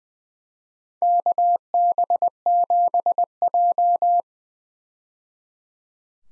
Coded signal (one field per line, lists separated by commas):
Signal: Morse code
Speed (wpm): 20 wpm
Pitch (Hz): 700 Hz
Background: none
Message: KB7J